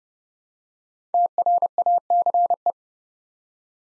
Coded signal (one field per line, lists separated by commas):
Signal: Morse code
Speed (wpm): 28 wpm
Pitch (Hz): 700 Hz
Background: none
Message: TRACE